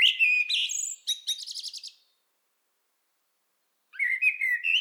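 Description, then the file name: Common blackbird song: a rich whistled phrase ending in rapid high chittering notes, then nearly two seconds of silence before another warbled phrase begins. "Turdus merula"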